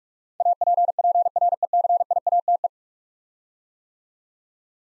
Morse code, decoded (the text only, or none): APPRECIATE